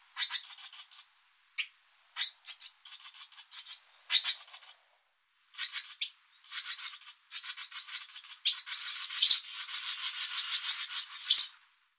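Bird calls: scratchy, rasping chatter in short bursts, growing denser and ending in a buzzy, continuous twitter with sharp squeaky notes.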